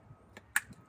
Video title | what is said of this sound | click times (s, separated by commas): Shynerk Baby Car Mirror Review and Installation | there you go and it's going to click in place once you have that on | 0.6 s